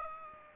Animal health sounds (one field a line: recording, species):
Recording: mosquito wingbeat signal from an infrared sensor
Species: Aedes aegypti